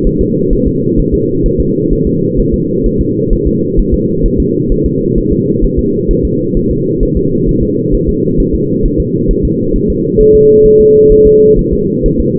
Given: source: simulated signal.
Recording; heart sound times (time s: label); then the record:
fetal heart sounds
0.07 s: S1
0.21 s: S2
0.53 s: S1
0.67 s: S2
0.99 s: S1
1.14 s: S2
1.46 s: S1
1.60 s: S2
1.93 s: S1
2.07 s: S2
2.40 s: S1
2.54 s: S2
2.86 s: S1
3.01 s: S2
3.33 s: S1
3.47 s: S2
3.79 s: S1
3.94 s: S2
4.26 s: S1
4.40 s: S2
4.72 s: S1
4.86 s: S2
5.18 s: S1
5.32 s: S2
5.64 s: S1
5.79 s: S2
6.11 s: S1
6.25 s: S2
6.57 s: S1
6.71 s: S2
7.03 s: S1
7.17 s: S2
7.49 s: S1
7.63 s: S2
7.95 s: S1
8.09 s: S2
8.40 s: S1
8.55 s: S2
8.86 s: S1
9.00 s: S2
9.31 s: S1
9.45 s: S2
9.76 s: S1
9.90 s: S2
10.21 s: S1
10.35 s: S2
10.66 s: S1
10.81 s: S2
11.12 s: S1
11.26 s: S2
11.59 s: S1
11.73 s: S2
12.06 s: S1
12.20 s: S2
From the record:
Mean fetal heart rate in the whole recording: 130 bpm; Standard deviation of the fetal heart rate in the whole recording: 4 bpm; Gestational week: 38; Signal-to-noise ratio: -11.2 dB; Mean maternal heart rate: 72 bpm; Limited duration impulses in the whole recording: present